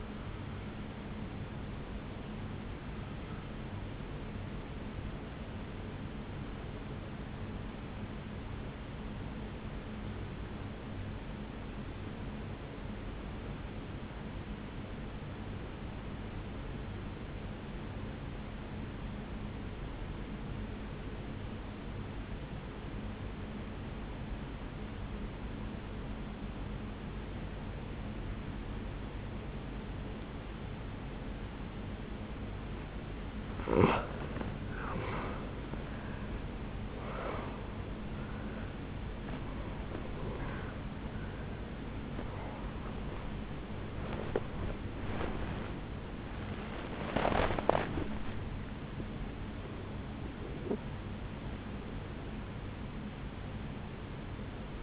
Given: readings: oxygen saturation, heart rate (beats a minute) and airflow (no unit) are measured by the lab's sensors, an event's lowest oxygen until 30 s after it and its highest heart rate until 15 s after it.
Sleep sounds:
breathing in sleep by a voice recorder at the bedside; 1
6.00-33.30 s: obstructive apnea (N1, oxygen 97% highest, then 86% lowest, heart rate 59 at the start, 77 highest)
From the record:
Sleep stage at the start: N1 (lightest sleep); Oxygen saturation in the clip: 86 to 97%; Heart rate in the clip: 57 to 77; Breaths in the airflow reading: 9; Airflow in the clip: -9.3 to 11.3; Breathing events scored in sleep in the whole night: 449 in 7.0 hours asleep

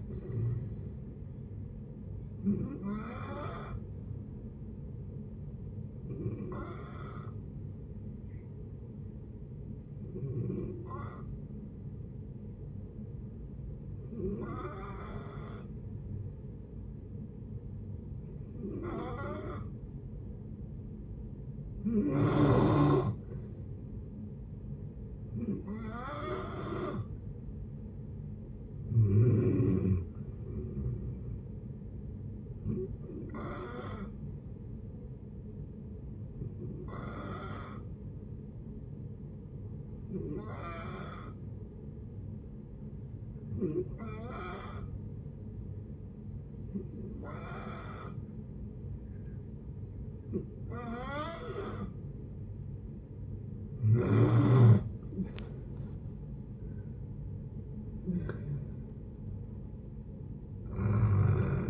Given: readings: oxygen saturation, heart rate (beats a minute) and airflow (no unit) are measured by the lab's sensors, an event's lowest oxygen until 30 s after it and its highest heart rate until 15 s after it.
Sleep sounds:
breathing in sleep by a smartphone at the bedside; 2
7.00-23.20 s: hypopnea (N2, oxygen 95% highest, then 91% lowest)
36.00-54.50 s: hypopnea (N2, oxygen 94% highest, then 89% lowest)
From the record:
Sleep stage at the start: N2 (light sleep); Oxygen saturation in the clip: 88 to 95%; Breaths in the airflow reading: 16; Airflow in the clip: -9.6 to 10.2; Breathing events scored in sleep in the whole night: 496 in 5.4 hours asleep

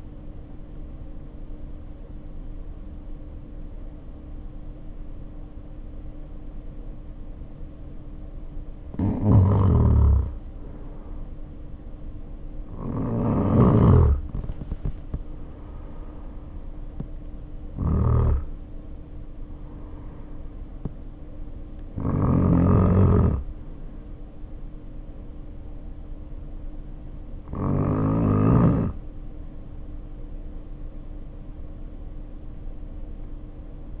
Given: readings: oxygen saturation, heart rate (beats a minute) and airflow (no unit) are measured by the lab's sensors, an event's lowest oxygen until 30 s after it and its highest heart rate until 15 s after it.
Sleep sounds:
breathing in sleep by a smartphone at the bedside; 1
3.00-18.10 s: hypopnea (N1, oxygen 94% highest, then 87% lowest, heart rate 54 at the start, 64 highest)
29.00-34.00 s: new sleep stage, N2 (light sleep)
From the record:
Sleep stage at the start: N1 (lightest sleep); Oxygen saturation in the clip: 87 to 94%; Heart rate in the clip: 49 to 64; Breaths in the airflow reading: 10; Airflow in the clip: -0.9 to 0.6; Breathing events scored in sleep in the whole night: 520 in 7.2 hours asleep

